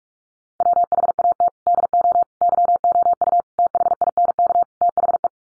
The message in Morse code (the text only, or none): WHAT DO YOU THINK THE